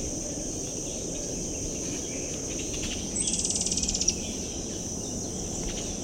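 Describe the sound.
Sapphire-throated hummingbird call: a fast, dry ticking rattle lasting about a second, over a steady high insect drone and low background rumble.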